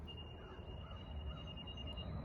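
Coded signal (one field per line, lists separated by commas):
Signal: beep code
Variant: Nissan Intelligent Key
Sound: a fast string of short high beeps for about two seconds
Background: outdoor background rumble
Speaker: your key fob falls inside the vehicle you close the door you can do it you push the button I hear a lot of beeping and the vehicle is still locked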